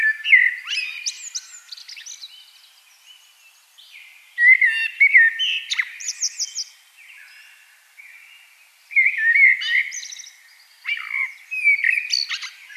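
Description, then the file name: Common blackbird song: low fluted warbled phrases with squeaky high twitters, delivered in bursts separated by pauses. "Turdus merula"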